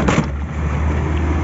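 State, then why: Not seated. A used car's door latch or lock in the car body is pushed to close and lock but fails to latch. A brief bump sounds near 0.1 s over a steady low vehicle hum, and nothing has seated or clicked yet.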